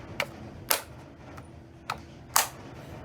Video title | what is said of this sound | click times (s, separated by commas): Review bàn phím cơ akko 3108 midnight | Đóng lại thì các bạn sẽ nghe tiếng tách. | 0.2 s, 0.7 s